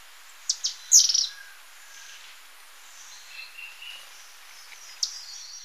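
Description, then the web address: Cinnamon flycatcher giving a quick, sharp, stuttering chatter of high notes, followed by quieter thin whistles and a single high click. Recorded in Ecuador. "Birds of Ecuador. Cinnamon Flycatcher"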